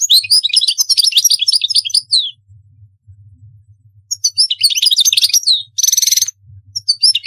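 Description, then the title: European goldfinch song in two bursts of fast, liquid twitters and chirps, the second ending in a harsh buzzy trill, then a few more notes, over a faint low hum. "Chant Chardonneret"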